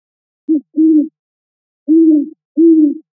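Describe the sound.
Great horned owl giving low, mellow hoots: a short note and a longer one, a gap, then two drawn-out hoots and the start of another.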